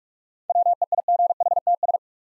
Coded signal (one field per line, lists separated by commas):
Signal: Morse code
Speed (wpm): 44 wpm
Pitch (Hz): 700 Hz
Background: none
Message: WEIGHTS